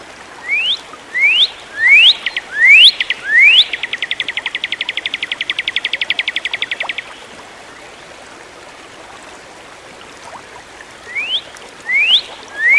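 Bird song: a run of five rising whistles, then a steady rapid trill of many short notes, silence, and three more rising whistles.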